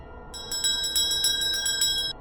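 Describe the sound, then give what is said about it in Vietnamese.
A bracelet jingles in a quick run of bright, high metallic tinkles, around six or seven shakes over two seconds, ringing over a faint low rumble with no voices, heard in an empty, brightly lit building hallway by the stairs near a lift. “Lại là tiếng lắc tay đó.”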